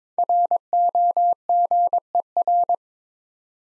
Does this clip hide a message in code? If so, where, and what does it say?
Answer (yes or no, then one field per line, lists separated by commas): yes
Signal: Morse code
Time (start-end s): 0.2-2.7 s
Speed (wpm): 22 wpm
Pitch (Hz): 700 Hz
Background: none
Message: ROGER